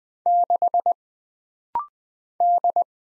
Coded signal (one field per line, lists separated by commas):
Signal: Morse code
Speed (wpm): 20 wpm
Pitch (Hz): 700 Hz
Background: none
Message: 6 D